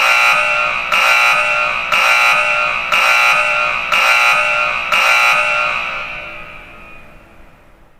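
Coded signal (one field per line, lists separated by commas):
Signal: alarm pattern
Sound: harsh harmonic alarm buzz pulsing about once a second, then fading out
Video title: Sound of smoke alarm beeping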